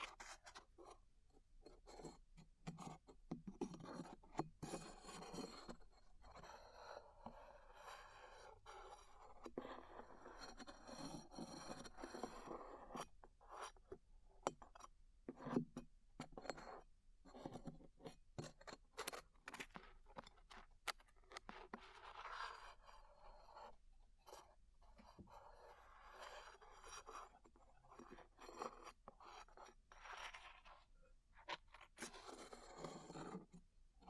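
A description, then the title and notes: Glue being peeled off ears: a continuous sticky crackling and rubbing that runs the whole length, thick with sharp little snaps and clicks arriving several times a second. The scraping swells and eases in slow waves but never stops, with a low steady hum underneath. ASMR Peeling Glue Off Your Ears (No Talking).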